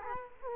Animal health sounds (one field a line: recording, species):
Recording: mosquito wingbeat signal from an infrared sensor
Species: Culex quinquefasciatus